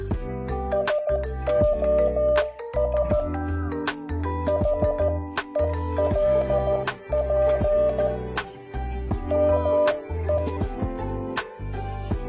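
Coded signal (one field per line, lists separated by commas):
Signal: Morse code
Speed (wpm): 14 wpm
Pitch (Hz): 600 Hz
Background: music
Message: SOS HELP ME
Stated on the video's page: Morse quiz.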